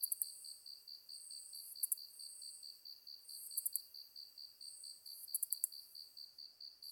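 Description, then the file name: Ezo katydid song: high, hissing buzzy phrases ending in a few sharp ticks, repeated regularly, over a steady rapid pulsing trill from another insect. Recorded 23 August 2010 at 21:31. "ezotuyumusi-20100823-2131"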